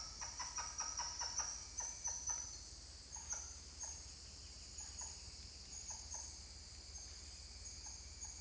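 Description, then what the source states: Titi monkey calls open in a loud rhythmic burst of falling notes, then thin out to scattered softer notes, with insects droning throughout. More than one titi monkey calling.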